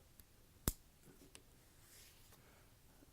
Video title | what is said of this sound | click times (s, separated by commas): Demo AudioBoomPole | and connect the XLR cable that runs through the boom pole to the back of the microphone. Make sure it clicks, | 0.7 s